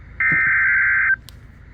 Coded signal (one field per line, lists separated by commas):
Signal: Emergency Alert System (SAME) tones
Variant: header bursts